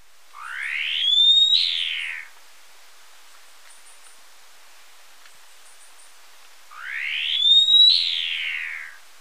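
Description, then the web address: Swallow-tailed nightjar repeating a drawn-out, upslurred then downslurred whistle twice, about six seconds apart, with faint thin high ticking in the quiet gap. In Ecuador. "Birds of Ecuador. Swallow-tailed Nightjar"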